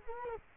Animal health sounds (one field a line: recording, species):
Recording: mosquito wingbeat signal from an infrared sensor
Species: Culex quinquefasciatus